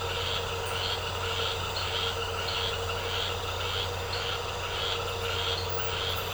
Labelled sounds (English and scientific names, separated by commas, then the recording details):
none
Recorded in secondary vegetation near Puerto Asís, Putumayo, Colombia, on 4 March 2025 at 18:30
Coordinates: 0.468, -76.324
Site G059